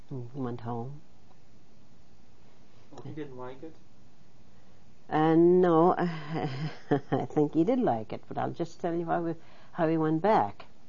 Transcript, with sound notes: He went home.
Oh, he didn't like it?
Oh, no. ( she laughs ) I think he did like it, but I'll just tell you how he went back.